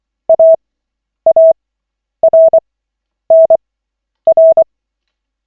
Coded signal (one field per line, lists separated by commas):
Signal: Morse code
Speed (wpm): 24 wpm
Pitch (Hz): 650 Hz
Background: none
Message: AARNR